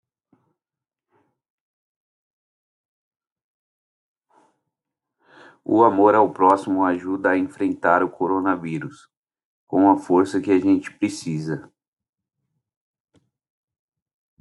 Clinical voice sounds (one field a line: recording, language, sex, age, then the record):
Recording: spoken sentence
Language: Brazilian Portuguese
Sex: male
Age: 30 to 39 years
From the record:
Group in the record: control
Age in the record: 39 years